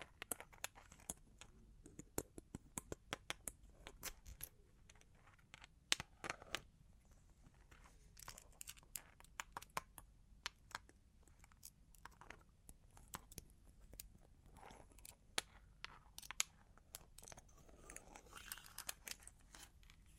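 Long claws tap and scratch in quick, irregular clicks throughout, with sharp bright taps clustering around six seconds over a faint low hum.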